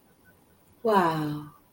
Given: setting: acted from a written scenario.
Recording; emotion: vocal sound without words; awe